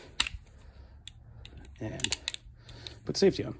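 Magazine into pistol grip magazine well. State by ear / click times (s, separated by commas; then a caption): seated / 0.2 s. A metal magazine is inserted into the magazine well of the grip of a reassembled and function-tested Rock Island GI Standard 1911 pistol. A sharp click sounds at 0.2 s as the magazine seats, followed by a few fainter clicks and someone talking.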